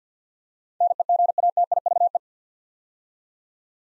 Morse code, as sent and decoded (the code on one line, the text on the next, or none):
-. . --. .- - .. ...- .
NEGATIVE